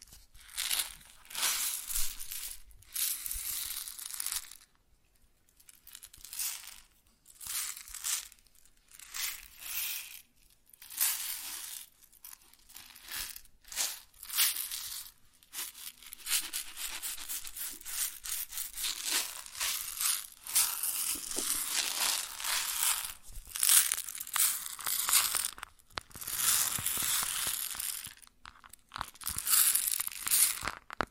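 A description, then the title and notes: Grain sounds with a dry, crunching, crinkling texture, made up of rapid rustling bursts that come and go in irregular clusters with brief quiet gaps. The first half is sparser, and from about 15 seconds the rustling grows denser and more continuous, staying bright and hissy throughout. ASMR Grain Sounds (No Talking).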